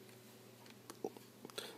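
A replacement floppy drive module is pushed into the drive bay of a Compaq Armada 1750 laptop, making several faint plastic ticks and scrapes as it slides in. It clicks at 1.6 s and is seated in the bay.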